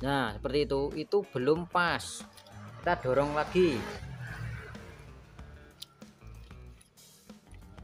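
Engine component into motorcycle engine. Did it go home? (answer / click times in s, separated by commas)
yes / 5.8 s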